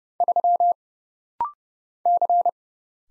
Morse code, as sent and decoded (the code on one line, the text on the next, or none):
...-- / -.-.
3 C